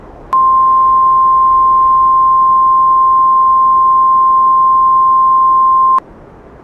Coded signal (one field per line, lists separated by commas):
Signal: Emergency Alert System (SAME) tones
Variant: 1050 Hz attention tone